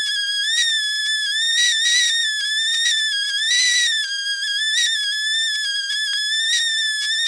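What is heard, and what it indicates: Simulated tinnitus: a continuous high-pitched ringing tone near 1.7 kHz with a stack of overtones, its pitch gently wavering and rising in brief swells, with no low-frequency content.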